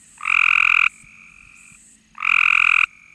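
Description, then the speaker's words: Cope's gray tree frog calling: two loud, buzzy, fast-pulsed trills, each under a second long and about two seconds apart, with faint softer buzzing between them. The frog's real call, played for comparison with a northern mockingbird's imitation of it. "Here's the call of a Cope's gray tree frog."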